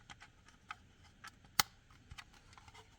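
Retaining clips are slid back onto a custom-fit dashcam housing behind the rear-view mirror of a 2020 Toyota Tacoma and pushed until they click. Several faint ticks and taps come before a single sharp, loud click at 1.6 seconds, followed by a few quieter taps. The clips are seated in place.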